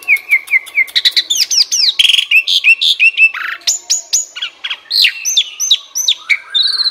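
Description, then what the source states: Asian pied starling song: a rapid, varied run of short whistled notes, repeated rising and falling slurs, high chirps and rattling bursts with hardly a pause. Masteran (training song) for birds that sing too little and are sluggish.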